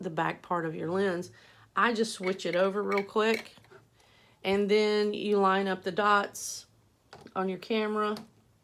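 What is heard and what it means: Someone talks while handling a kit lens, switching over the cover on the back of the lens and lining up its dots with the DSLR camera body mount. Nothing has seated or clicked yet; the clip ends before the lens is twisted home.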